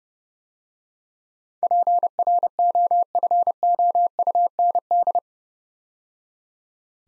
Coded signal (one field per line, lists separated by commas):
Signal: Morse code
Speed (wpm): 30 wpm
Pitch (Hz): 700 Hz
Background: none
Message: PROFOUND